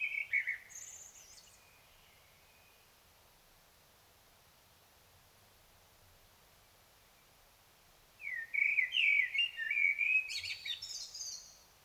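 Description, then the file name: Common blackbird singing. A phrase ends, a quiet gap follows, then a rich fluty warble rises into a thin, high twittering finish. "Turdus merula"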